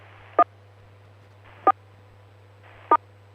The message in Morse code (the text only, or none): none